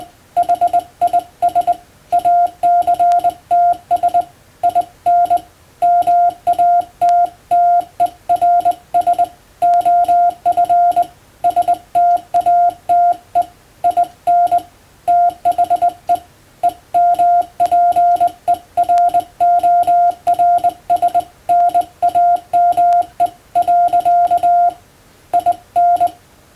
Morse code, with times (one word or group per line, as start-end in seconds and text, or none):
0.4-1.7 HIS
2.1-4.2 ACTS
4.6-5.4 IN
5.8-9.2 MATTERS
9.6-11.0 OF
11.4-13.4 STATE
13.8-14.6 IN
15.1-16.2 THE
16.6-21.2 EMPERORS
21.5-23.3 NAME
23.6-24.7 .
25.3-26.1 IN